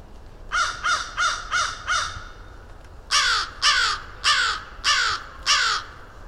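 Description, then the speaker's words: Crows giving harsh caws, five quick caws followed after a pause by five louder, more widely spaced caws. A rookery of crows calling deep in the woods at Mud Pond, a nature refuge in Vermont, in early spring. "As I moved deeper into the woods, a rookery of crows began to call."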